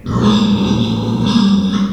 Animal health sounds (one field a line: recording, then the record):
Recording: squeal of a Yucatan mini pig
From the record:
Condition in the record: after surgery on the right vocal fold (resection and tissue-engineered implant)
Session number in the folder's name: 14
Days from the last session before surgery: 133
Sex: female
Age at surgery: 19 weeks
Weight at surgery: 25 kg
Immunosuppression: prednisolone